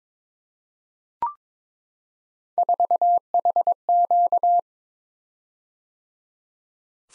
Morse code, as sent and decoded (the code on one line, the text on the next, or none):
....- .... --.-
4HQ